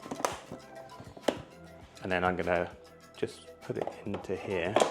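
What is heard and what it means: A plastic lid is pressed onto a Ninja Creami Deluxe ice cream maker tub and snaps into place with a sharp click at 0.3 s, followed by another tap at 1.3 s. Someone talks over background music, and the lid is seated.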